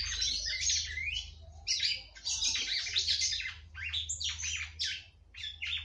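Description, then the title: Red-cowled cardinal singing rich, rapid phrases of slurred whistles and chirps in bursts with brief pauses, over a faint low hum. "Galo De Campina"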